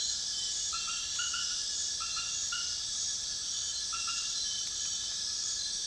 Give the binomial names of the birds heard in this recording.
none